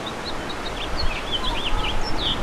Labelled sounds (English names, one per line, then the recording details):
House Finch song
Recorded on Long Island, New York, on 2 June 2012
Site CP
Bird D